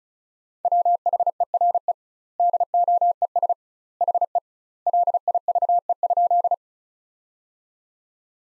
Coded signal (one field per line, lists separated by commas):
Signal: Morse code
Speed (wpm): 34 wpm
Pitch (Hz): 700 Hz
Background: none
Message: WHERE DOES HE LIVE?